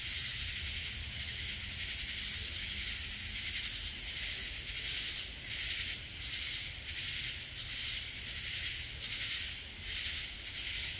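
Katydid rasping call, shrill and buzzy, in repeated short bursts against a continuous high hiss.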